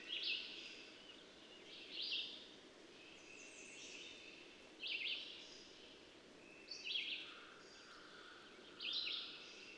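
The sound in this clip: Bird song, a short bright warbled phrase repeated about every two seconds, five times, over a steady hiss.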